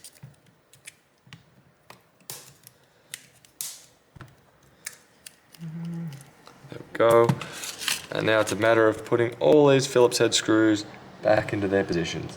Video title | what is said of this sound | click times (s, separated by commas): Samsung Galaxy A42 Display and Frame Replacement | And it should just be able to work around the phone. And it should click into position. There we go. | 2.3 s, 3.1 s, 3.6 s, 4.9 s, 5.3 s